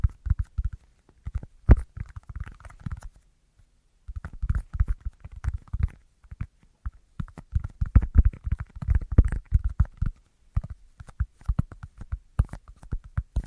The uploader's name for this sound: Tingliest Tapping Assortment